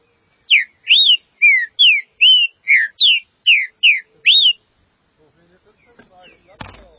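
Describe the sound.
Green-winged saltator song: about ten loud, bright whistled notes in quick succession, some rising and some falling, followed by faint rustling and a sharp knock.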